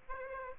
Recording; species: mosquito wingbeat signal from an infrared sensor; Aedes aegypti